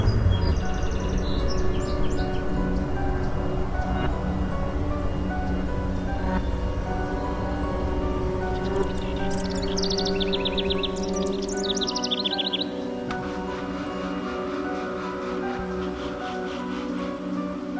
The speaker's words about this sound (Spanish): Oí el canturreo de algunos pájaros y me estremecí. Estaba amaneciendo.